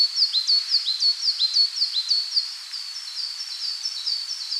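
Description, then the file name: Coal tit song: rapid high, thin two-note phrases repeated steadily in a fast, regular series. "Parus ater"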